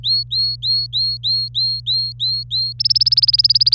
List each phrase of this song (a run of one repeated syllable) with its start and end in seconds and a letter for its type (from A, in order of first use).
0.03-2.73 A, 2.79-3.74 B